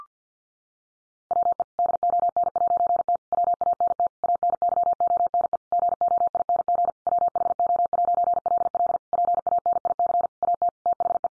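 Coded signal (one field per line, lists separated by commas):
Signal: Morse code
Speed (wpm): 50 wpm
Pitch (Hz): 700 Hz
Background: none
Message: WE DON'T WANT ANYONE GOING WHO'LL PANIC AT THE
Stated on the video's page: Head-copy sentence drill at 50 wpm, each sentence sent in Morse, spoken, then sent again.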